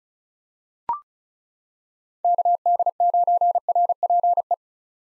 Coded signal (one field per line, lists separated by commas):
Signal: Morse code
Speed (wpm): 34 wpm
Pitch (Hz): 700 Hz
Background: none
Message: KD9RPE